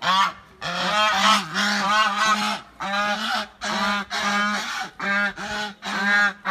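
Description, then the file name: Goose honking: loud nasal honks in uneven bursts, some doubled or run together, with short gaps between groups. "Tieng ngong keu"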